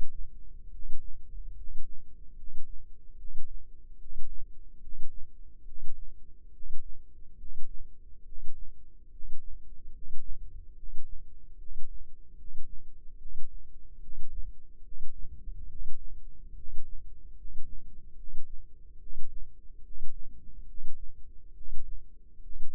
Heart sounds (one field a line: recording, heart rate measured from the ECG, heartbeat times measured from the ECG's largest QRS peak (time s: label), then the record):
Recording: heart sounds by microphone in the left ear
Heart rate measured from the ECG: 72 bpm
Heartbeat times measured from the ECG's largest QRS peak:
0.70 s: heartbeat
1.54 s: heartbeat
2.34 s: heartbeat
3.15 s: heartbeat
3.97 s: heartbeat
4.79 s: heartbeat
5.63 s: heartbeat
6.51 s: heartbeat
7.36 s: heartbeat
8.23 s: heartbeat
9.09 s: heartbeat
9.91 s: heartbeat
10.74 s: heartbeat
11.56 s: heartbeat
12.34 s: heartbeat
13.16 s: heartbeat
13.99 s: heartbeat
14.81 s: heartbeat
15.66 s: heartbeat
16.53 s: heartbeat
17.34 s: heartbeat
18.14 s: heartbeat
18.97 s: heartbeat
19.81 s: heartbeat
20.64 s: heartbeat
21.53 s: heartbeat
22.39 s: heartbeat
From the record:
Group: healthy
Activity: rest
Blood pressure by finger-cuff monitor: 119/67 mmHg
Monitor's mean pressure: 81 mmHg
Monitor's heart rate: 71 bpm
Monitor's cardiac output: 7.2 L/min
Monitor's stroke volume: 100 mL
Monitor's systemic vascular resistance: 810 dyn s/cm5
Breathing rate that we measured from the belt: 23 breaths a minute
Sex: male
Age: 35 years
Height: 180 cm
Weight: 86.9 kg